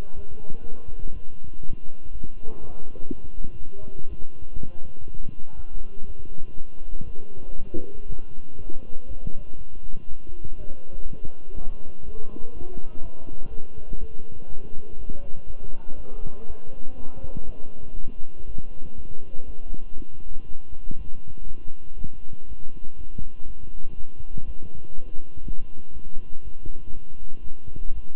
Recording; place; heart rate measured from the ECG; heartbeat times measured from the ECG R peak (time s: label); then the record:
heart sounds by stethoscope; between the tricuspid and mitral areas; 121 bpm
0.15 s: heartbeat
0.63 s: heartbeat
1.12 s: heartbeat
1.61 s: heartbeat
2.11 s: heartbeat
2.60 s: heartbeat
3.09 s: heartbeat
3.58 s: heartbeat
4.08 s: heartbeat
4.57 s: heartbeat
5.06 s: heartbeat
5.55 s: heartbeat
6.06 s: heartbeat
6.56 s: heartbeat
7.06 s: heartbeat
7.56 s: heartbeat
8.07 s: heartbeat
8.57 s: heartbeat
9.07 s: heartbeat
9.57 s: heartbeat
10.07 s: heartbeat
10.57 s: heartbeat
11.06 s: heartbeat
11.55 s: heartbeat
12.04 s: heartbeat
12.53 s: heartbeat
13.01 s: heartbeat
13.50 s: heartbeat
13.99 s: heartbeat
14.48 s: heartbeat
14.97 s: heartbeat
15.46 s: heartbeat
15.96 s: heartbeat
16.46 s: heartbeat
16.96 s: heartbeat
17.45 s: heartbeat
17.95 s: heartbeat
18.46 s: heartbeat
18.96 s: heartbeat
19.46 s: heartbeat
19.96 s: heartbeat
20.47 s: heartbeat
20.97 s: heartbeat
21.47 s: heartbeat
21.97 s: heartbeat
22.47 s: heartbeat
22.97 s: heartbeat
23.46 s: heartbeat
23.96 s: heartbeat
24.46 s: heartbeat
24.94 s: heartbeat
25.43 s: heartbeat
25.93 s: heartbeat
26.43 s: heartbeat
26.93 s: heartbeat
27.43 s: heartbeat
27.94 s: heartbeat
From the record:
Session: walking at 3.7 km/h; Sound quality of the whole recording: good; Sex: male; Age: 23 years